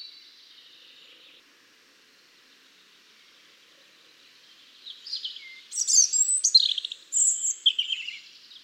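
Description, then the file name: European robin gives a quiet high warble, pauses, then bursts into loud, rich, tinkling trills and thin piercing whistles. "Erithacus rubecula"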